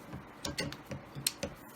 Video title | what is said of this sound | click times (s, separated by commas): How To Pressure Wash Under A Car Or Truck & Neutralize Winter Salt | it'll snap right into your pole | 1.3 s